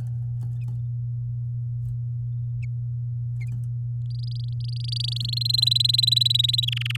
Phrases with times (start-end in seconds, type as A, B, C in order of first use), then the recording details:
4.10-5.39 A, 5.41-6.65 B, 6.67-6.96 C. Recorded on 9 May 2018 at 06:34. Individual llb16